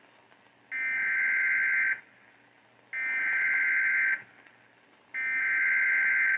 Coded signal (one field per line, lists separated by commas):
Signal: Emergency Alert System (SAME) tones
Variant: header bursts